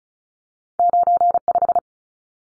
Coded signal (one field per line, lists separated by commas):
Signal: Morse code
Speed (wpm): 34 wpm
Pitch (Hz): 700 Hz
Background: none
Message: 95